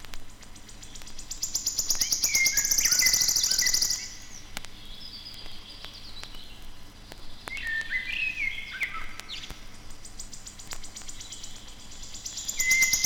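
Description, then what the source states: Common Blackbird song: several whistled phrases at intervals, while a high shivering trill from another bird cuts in near the start. Singing far off, solemnly and a little sadly; interrupted by a wood warbler.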